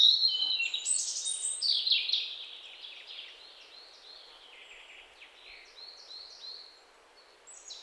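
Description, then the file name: European robin song, a high, thin, rapidly varied warble of trills and slurred notes, loud at first and then fading into quieter, scratchy phrases. "Erithacus rubecula"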